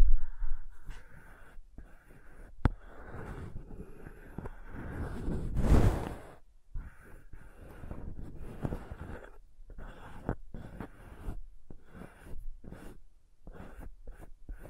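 Crayons tap, scrape and carve in short irregular bursts, with a sharp click near three seconds and a louder rough stroke around six.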